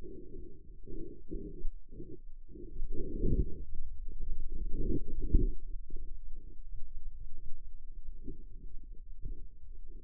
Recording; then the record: forearm muscle sounds (acoustic myography)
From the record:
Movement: outward rotation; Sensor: system 2, bracelet of six BSWA MPA416 microphones around the upper forearm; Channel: 5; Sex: male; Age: 22 years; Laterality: right